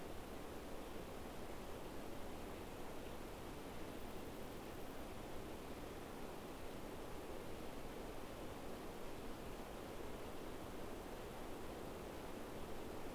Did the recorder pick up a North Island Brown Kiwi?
no